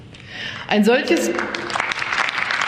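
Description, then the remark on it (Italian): Applause breaks out in a parliament chamber, a steady patter of many clapping hands that builds and carries on while a woman's voice speaks German over the start of it, saying all European Union member states should recover economically. “È scattato l'applauso, perché lei ha proprio detto, una delle prime cose che ha detto è che sia chiaro, noi vogliamo che tutte le economie di tutti i paesi dell'Unione Europea si riprendano”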